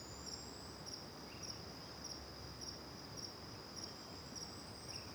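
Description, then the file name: Cricket calling, a continuous high-pitched trill broken into regular chirps, with a few faint bird notes in the background. One cricket near and other crickets far, recorded with back to the river at Terra Ronca; various birds; AB stereo recording. "Grilo perto e outros grilos longe de costas para o rio em terra ronca, varios passaros, vaca longe, gravacao em ab"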